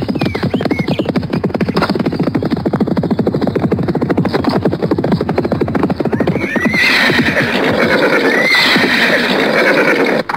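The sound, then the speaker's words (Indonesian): Horses ridden by several riders, including five trained soldiers spurring them on, gallop with rapid, loud, steady hoofbeats that drum throughout, and a shrill neigh rises over a rougher, noisier rush of movement in the later half. “Mereka berada di lima bagian sambil terus memacu kuda.”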